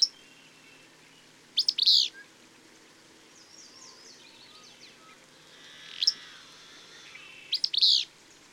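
Bird song: high chirped phrases recur a few times, with quieter twittering and a faint scratchy trill between.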